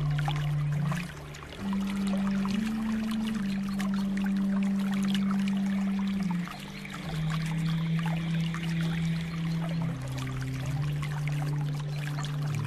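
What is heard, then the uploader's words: Flowing water runs steadily throughout, a dense, fizzing trickle spread across the highs. Underneath, deep music holds long low notes that step slowly from one pitch to another every second or two, with brief dips near one and six seconds. Relaxing Water flow sound with deep Relaxing Music __ Nature sounds.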